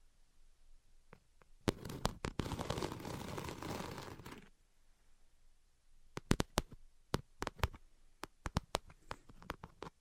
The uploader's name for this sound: Invisible Tapping and Scratching